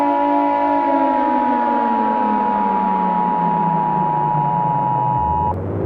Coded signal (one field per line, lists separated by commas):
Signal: Emergency Alert System (SAME) tones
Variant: 853 and 960 Hz attention tone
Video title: EAS Scenario #13: Super Bowl Sabotage